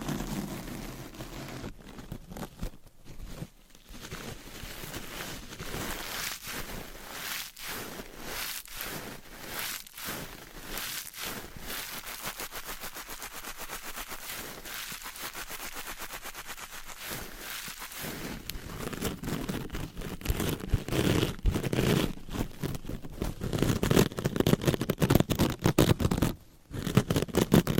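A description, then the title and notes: Scratching, tapping and brushing against a microphone, with dense rapid scraping strokes, brief pauses, and louder rougher rubbing building over the final ten seconds. Mic Scratching ,Tapping,Brushing & Massage -No Talking.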